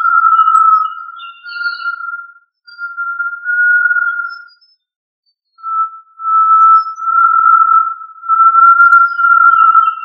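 Tinamou giving long, level, pure whistled notes with slight wavering, broken by a silent pause midway, then resuming.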